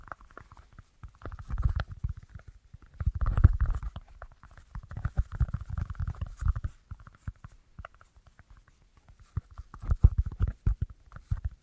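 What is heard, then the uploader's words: Soft tapping in quick, uneven bursts, with clusters of light taps around two, three to four, five to six and ten seconds and short quiet gaps between. The taps are dull and low with a faint clicky edge. ASMR Tingliest Tapping Assortment for Sleep (No Talking).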